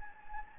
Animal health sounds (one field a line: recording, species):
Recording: mosquito wingbeat signal from an infrared sensor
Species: Anopheles gambiae